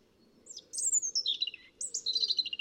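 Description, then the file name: European robin song with two sparkling phrases of very high notes tumbling downward in quick trills and twitters, over faint low background rumble. "Erithacus rubecula"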